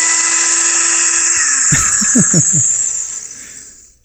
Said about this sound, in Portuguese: Eu queria mandar um vai tomar no cu pro meu liquidificador. Toda vez que eu vou gravar um ad, esse filho da puta me atrapalha.